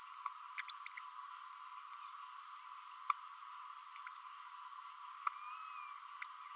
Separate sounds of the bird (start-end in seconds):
0.25-0.28, 0.58-0.61, 3.09-3.12